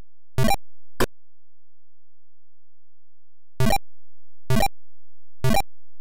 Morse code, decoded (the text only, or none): none